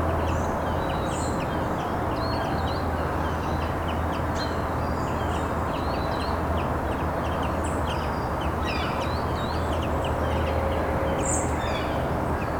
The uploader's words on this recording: Morning birds and traffic noise — Isle of Man. The Isle of Man, Douglas, BNB, early morning through the opened window with the Sea Terminal noise, quite a bit of background traffic and lots of singing birds in the garden.